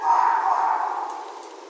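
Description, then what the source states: Red fox call: a single loud, hoarse, drawn-out cry that slowly fades. 2 January 2012.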